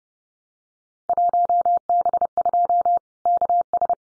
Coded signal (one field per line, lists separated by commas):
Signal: Morse code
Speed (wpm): 30 wpm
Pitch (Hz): 700 Hz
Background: none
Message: 1B2 KS